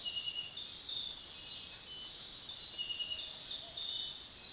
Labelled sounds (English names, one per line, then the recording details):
none
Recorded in dense forest near Puerto Asís, Putumayo, Colombia, on 20 February 2024 at 05:00
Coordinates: 0.502, -76.326
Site G6460